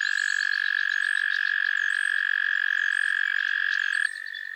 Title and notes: Theraphonia - Frogsong at Miners Marsh. A chorus of frogs croon to one another on an idyllic summer evening in Miners Marsh, Annapolis Valley, Nova Scotia